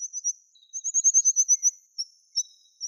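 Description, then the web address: Tree pipit: thin, very high notes, a few at first, then a rapid run, followed by a few scattered single notes. "Anthus trivialis"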